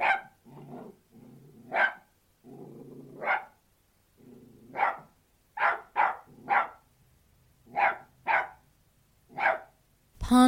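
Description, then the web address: Australian terrier alternating low, drawn-out growls with sharp barks, then a run of barks without growls, closing on a brief harsh noise. An Australian terrier barking outdoors. "australian terrier barking exterior"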